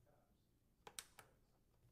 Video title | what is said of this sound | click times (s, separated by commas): Fluval 05 Series Filter Setup (Part 2 of 2) | push down on the two tabs until it clicks into place | 0.9 s, 1.0 s